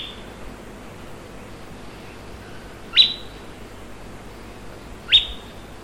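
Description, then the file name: Bird calls: two sharp upward-sweeping chirps, each ending in a thin high tone, about two seconds apart over a faint low hum. "SABIOD 50 bird 2015"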